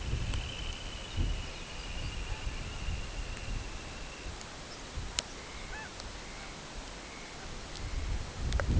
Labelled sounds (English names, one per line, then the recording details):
Dunlin
Lapland Longspur
unidentified sound
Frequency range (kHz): Dunlin 1.8-3.7 kHz; Lapland Longspur 4.0-6.7 kHz
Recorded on Arctic tundra, site CORI-1, on 13 June 2018
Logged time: 16:00